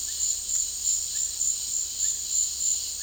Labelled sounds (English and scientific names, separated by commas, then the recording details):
Russet-backed Oropendola (Psarocolius angustifrons)
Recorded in dense forest near Puerto Asís, Putumayo, Colombia, on 18 February 2024 at 16:30
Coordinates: 0.485, -76.318
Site G6408